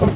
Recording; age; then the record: pig call; growing-finishing pig (85 days or more)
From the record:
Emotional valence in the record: positive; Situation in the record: run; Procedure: transit